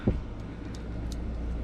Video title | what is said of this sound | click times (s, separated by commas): 2010-2012 Ford Fusion Oil Pressure Sensor Replacement | And you just got to hear the clip, the click, and that's it. | 1.1 s